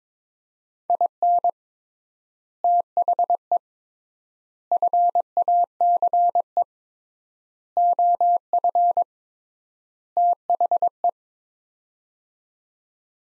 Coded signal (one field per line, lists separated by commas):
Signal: Morse code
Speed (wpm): 22 wpm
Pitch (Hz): 700 Hz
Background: none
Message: IN THE FACE OF THE